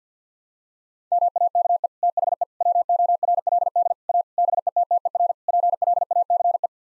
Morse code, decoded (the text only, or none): MAKE THE WORLD A BETTER PLACE